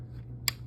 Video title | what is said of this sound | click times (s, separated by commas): LEGO 75432 V-19 Torrent Starfighter MOD | you know, it snaps. | 0.5 s